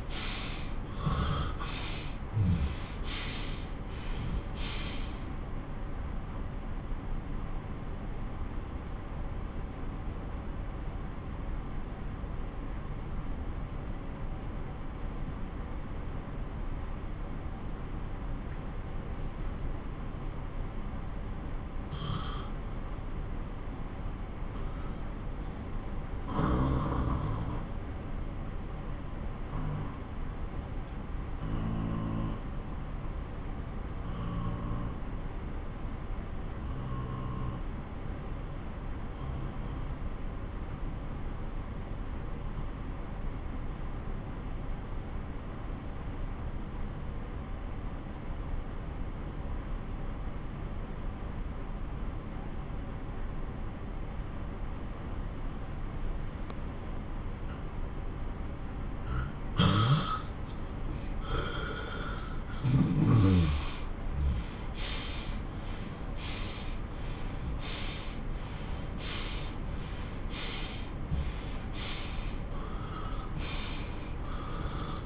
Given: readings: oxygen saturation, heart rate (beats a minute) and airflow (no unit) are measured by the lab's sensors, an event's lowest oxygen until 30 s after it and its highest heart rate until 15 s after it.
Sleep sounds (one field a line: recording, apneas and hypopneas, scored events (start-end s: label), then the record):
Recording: breathing in sleep by a smartphone at the bedside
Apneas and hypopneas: 1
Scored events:
7.00-61.70 s: obstructive apnea (N2, oxygen 96% highest, then 89% lowest)
62.00-75.06 s: new sleep stage, N1 (lightest sleep)
From the record:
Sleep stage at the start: N2 (light sleep)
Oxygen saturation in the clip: 80 to 96%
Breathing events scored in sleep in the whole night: 217 in 6.3 hours asleep